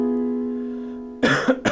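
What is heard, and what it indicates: A sustained piano chord fades, then two quick, harsh coughs from an adult man break in near the end. He has recently been very sick, with his voice still raspy and congestion still in his chest.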